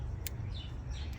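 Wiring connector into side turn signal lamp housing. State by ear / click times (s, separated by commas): seated / 0.3 s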